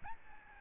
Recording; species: mosquito wingbeat signal from an infrared sensor; Aedes albopictus